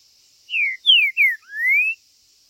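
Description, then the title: Green-winged saltator song: one phrase of three short descending whistled slurs followed by a longer rising whistle, over a steady high hiss. Singing, chirping and male territorial display (macheando) in a dispute between birds; meant to excite a listener's own saltator into singing. "Para ESQUENTAR Seu TRINCA Piando, Cantando E Macheando Na DISPUTA. TRINCA FERRO Cantando e MACHEANDO!!"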